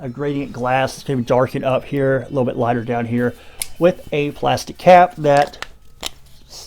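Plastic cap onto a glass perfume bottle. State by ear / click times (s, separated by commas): not seated / none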